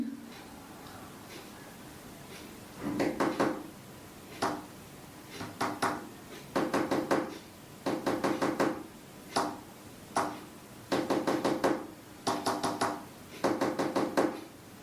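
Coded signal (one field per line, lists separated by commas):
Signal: tap code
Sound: groups of knuckle taps on a wooden table, separated by brief pauses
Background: quiet small room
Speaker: that right there is not Morse code but not code she tapped out the phrase love you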